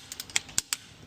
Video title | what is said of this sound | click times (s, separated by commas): A Day in the Life of a Honda Technician: CR-V Maintenance | You hear that click? | 0.6 s